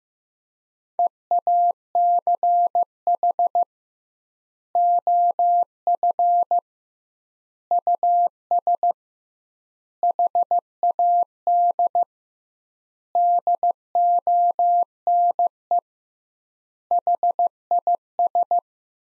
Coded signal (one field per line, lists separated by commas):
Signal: Morse code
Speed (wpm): 15 wpm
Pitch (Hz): 700 Hz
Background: none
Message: EACH OF US HAD DONE HIS